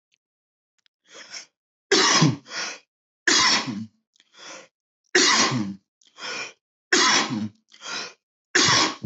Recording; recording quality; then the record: heavy voluntary cough; excellent, no background noise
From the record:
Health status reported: healthy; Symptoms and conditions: none ticked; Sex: male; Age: 27 years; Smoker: not ticked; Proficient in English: yes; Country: India